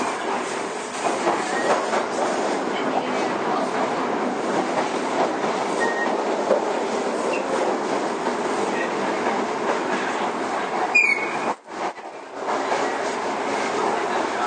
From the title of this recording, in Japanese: 都営5300形 押上ー五反田